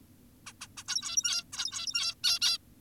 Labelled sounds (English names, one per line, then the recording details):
Zebra Finch
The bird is an adult
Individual g17y2U